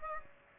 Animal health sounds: mosquito wingbeat signal from an infrared sensor; Aedes aegypti

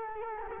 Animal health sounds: mosquito wingbeat signal from an infrared sensor; Culex quinquefasciatus

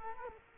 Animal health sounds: mosquito wingbeat signal from an infrared sensor; Culex quinquefasciatus

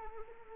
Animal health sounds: mosquito wingbeat signal from an infrared sensor; Anopheles arabiensis

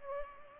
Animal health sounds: mosquito wingbeat signal from an infrared sensor; Culex pipiens

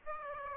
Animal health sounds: mosquito wingbeat signal from an infrared sensor; Aedes aegypti

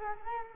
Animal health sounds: mosquito wingbeat signal from an infrared sensor; Culex quinquefasciatus

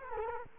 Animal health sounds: mosquito wingbeat signal from an infrared sensor; Culex quinquefasciatus

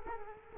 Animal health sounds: mosquito wingbeat signal from an infrared sensor; Culex quinquefasciatus

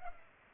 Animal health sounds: mosquito wingbeat signal from an infrared sensor; Culex pipiens

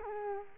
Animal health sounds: mosquito wingbeat signal from an infrared sensor; Culex quinquefasciatus

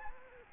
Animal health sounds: mosquito wingbeat signal from an infrared sensor; Aedes aegypti

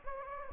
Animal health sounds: mosquito wingbeat signal from an infrared sensor; Anopheles gambiae

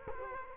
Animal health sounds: mosquito wingbeat signal from an infrared sensor; Culex quinquefasciatus

